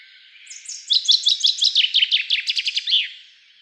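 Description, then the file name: Common chaffinch delivering a lively cascading song of quick repeated chirps ending in a closing flourish. "Fringilla coelebs"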